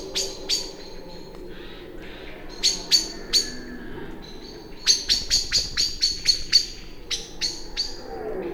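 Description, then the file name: Common blackbird giving sharp, clicking chink calls, singly and in quick runs of up to eight, over a steady low droning hum. "Turdus merula"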